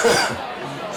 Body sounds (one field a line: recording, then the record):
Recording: coughing mixed with background sound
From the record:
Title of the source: Spring Cold Coughing 2